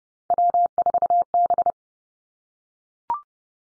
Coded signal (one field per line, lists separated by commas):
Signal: Morse code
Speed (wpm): 30 wpm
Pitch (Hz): 700 Hz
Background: none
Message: W4B